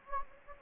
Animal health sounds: mosquito wingbeat signal from an infrared sensor; Anopheles gambiae

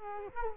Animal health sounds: mosquito wingbeat signal from an infrared sensor; Culex quinquefasciatus

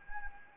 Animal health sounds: mosquito wingbeat signal from an infrared sensor; Anopheles gambiae

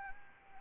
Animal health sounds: mosquito wingbeat signal from an infrared sensor; Anopheles arabiensis

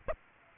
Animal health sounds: mosquito wingbeat signal from an infrared sensor; Aedes aegypti

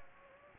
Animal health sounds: mosquito wingbeat signal from an infrared sensor; Anopheles gambiae

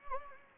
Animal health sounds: mosquito wingbeat signal from an infrared sensor; Anopheles gambiae

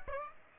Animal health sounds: mosquito wingbeat signal from an infrared sensor; Aedes aegypti

